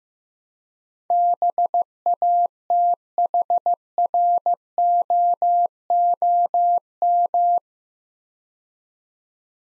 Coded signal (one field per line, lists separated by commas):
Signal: Morse code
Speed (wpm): 15 wpm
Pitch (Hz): 700 Hz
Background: none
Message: BATHROOM